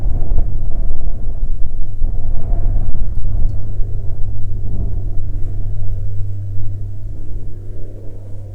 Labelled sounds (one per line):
wind
aircraft